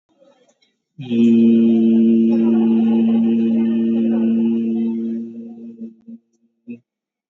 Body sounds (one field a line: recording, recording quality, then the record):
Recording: sustained vowel as in beet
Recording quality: excellent, no background noise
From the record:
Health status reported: COVID-19 positive, moderate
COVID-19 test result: positive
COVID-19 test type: RT-PCR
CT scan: taken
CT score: 0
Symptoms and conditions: cough, cold, breathing difficulty, sore throat, fever, fatigue, muscle pain, diarrhoea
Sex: male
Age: 31 years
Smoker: no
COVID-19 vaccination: none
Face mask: worn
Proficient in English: yes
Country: India